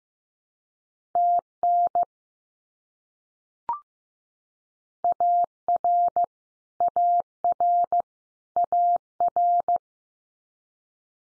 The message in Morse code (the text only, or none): TN AR AR AR